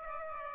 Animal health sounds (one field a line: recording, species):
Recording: mosquito wingbeat signal from an infrared sensor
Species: Aedes aegypti